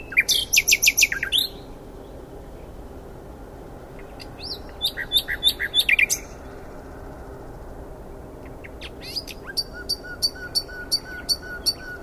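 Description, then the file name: Common nightingale delivering three separated phrases of rapid, chattering repeated notes, the last one softer, with quiet hiss between phrases. "Luscinia megarhynchos"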